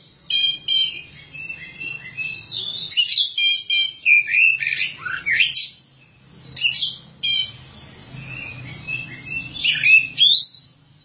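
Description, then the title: Oriental magpie-robin song, a rich, varied run of rapid chirps, trills and sweeping whistled notes in bursts. "Suara Kicauan Burung Kacer"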